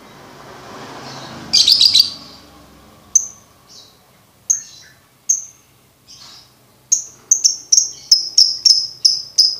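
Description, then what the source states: Lovebird chirps: a short buzzy burst, then sharp high notes that come singly and then speed into a rapid run near the end, over faint background hiss at first. Bird-tutoring (masteran) recording no. 2, played for birds to learn ngekek.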